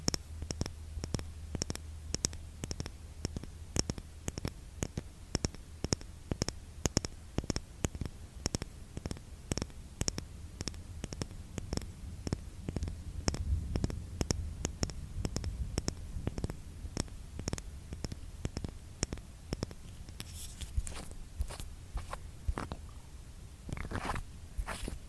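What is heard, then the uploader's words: Lipgloss tapping makes quick, irregular clicks throughout, dense and crisp, over a low steady hum that fades after about fifteen seconds. Asmr lipgloss tapping.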